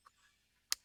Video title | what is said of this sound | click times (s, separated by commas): Ulecoce Keyless Entry Door Lock, 3 ways to open & autolocks! | and get that locked into place | 0.7 s